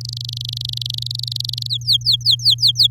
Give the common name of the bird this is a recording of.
Domestic Canary